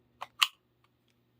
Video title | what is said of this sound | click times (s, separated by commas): Blackhawk Serpa Sportster Glock Holster-BEST BANG FOR YOUR $$$$ | Solid click. | 0.4 s